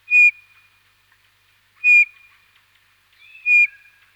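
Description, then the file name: Eurasian bullfinch uttering three soft, plaintive piping whistles, each brief and slightly descending, spaced a little under two seconds apart. Recorded in winter. "Jean C Roch Pierre Palengat - Hiver bouvreuil pivoine"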